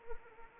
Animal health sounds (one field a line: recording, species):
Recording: mosquito wingbeat signal from an infrared sensor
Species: Anopheles arabiensis